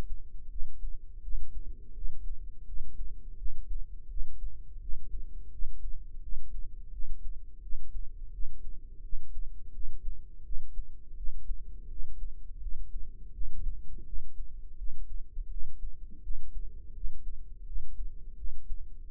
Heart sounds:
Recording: heart sounds by microphone in the right ear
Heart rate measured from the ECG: 84 bpm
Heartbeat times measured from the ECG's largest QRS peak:
0.48 s: heartbeat
1.20 s: heartbeat
1.92 s: heartbeat
2.64 s: heartbeat
3.36 s: heartbeat
4.07 s: heartbeat
4.79 s: heartbeat
5.49 s: heartbeat
6.20 s: heartbeat
6.90 s: heartbeat
7.60 s: heartbeat
8.30 s: heartbeat
9.00 s: heartbeat
9.71 s: heartbeat
10.42 s: heartbeat
11.14 s: heartbeat
11.87 s: heartbeat
12.59 s: heartbeat
13.31 s: heartbeat
14.03 s: heartbeat
14.75 s: heartbeat
15.48 s: heartbeat
16.20 s: heartbeat
16.92 s: heartbeat
17.63 s: heartbeat
18.34 s: heartbeat
19.05 s: heartbeat
From the record:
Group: healthy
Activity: rest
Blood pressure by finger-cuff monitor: 89/55 mmHg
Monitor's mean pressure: 68 mmHg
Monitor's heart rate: 84 bpm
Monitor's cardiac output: 6.3 L/min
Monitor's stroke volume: 76 mL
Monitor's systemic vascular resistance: 770 dyn s/cm5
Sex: female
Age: 43 years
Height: 160 cm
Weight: 90 kg

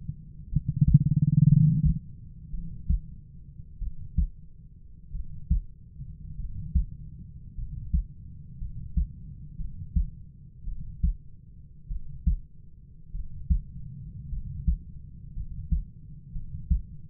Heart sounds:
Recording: heart sounds by stethoscope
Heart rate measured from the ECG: 53 bpm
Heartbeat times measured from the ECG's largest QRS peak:
0.50 s: heartbeat
1.47 s: heartbeat
2.51 s: heartbeat
3.79 s: heartbeat
5.12 s: heartbeat
6.37 s: heartbeat
7.56 s: heartbeat
8.59 s: heartbeat
9.57 s: heartbeat
10.65 s: heartbeat
11.88 s: heartbeat
13.12 s: heartbeat
14.30 s: heartbeat
15.34 s: heartbeat
16.33 s: heartbeat
From the record:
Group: healthy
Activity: rest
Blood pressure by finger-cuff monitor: 109/57 mmHg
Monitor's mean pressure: 71 mmHg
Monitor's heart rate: 56 bpm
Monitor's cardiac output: 4.8 L/min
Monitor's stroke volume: 90 mL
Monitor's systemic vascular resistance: 1040 dyn s/cm5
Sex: male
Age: 25 years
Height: 170 cm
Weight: 70.4 kg

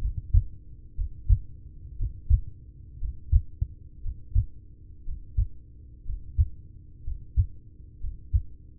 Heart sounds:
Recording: heart sounds by stethoscope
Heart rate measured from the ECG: 60 bpm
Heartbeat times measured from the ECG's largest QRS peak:
0.94 s: heartbeat
1.95 s: heartbeat
2.97 s: heartbeat
3.99 s: heartbeat
5.01 s: heartbeat
6.02 s: heartbeat
7.00 s: heartbeat
7.97 s: heartbeat
From the record:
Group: heart failure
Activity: Valsalva maneuver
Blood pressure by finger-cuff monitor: 112/61 mmHg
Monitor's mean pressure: 81 mmHg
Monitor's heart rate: 59 bpm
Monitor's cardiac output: 4.6 L/min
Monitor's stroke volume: 78 mL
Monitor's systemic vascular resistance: 1080 dyn s/cm5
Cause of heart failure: ischemic heart disease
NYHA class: 1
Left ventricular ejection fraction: 33%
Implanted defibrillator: present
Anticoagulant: apixaban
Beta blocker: carvedilol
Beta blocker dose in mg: 18.75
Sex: male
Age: 39 years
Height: 168 cm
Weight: 72 kg

